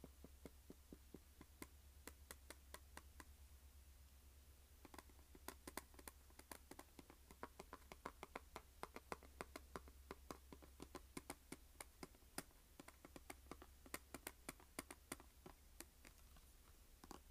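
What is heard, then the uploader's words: Fingernails tap and scratch on a makeup palette in quick, uneven bursts of sharp clicks, some clustered rapidly, others spaced out, continuing throughout. A steady low hum runs underneath, with faint scratchy rustling between taps. Tapping and scratching makeup pallet.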